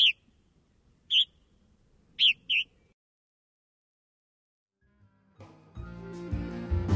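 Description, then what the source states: Purple Martin chirps, four short bright notes including a quick pair, followed by a brief silence and then music. Burry call, rendered as 'dezeeb dezer'.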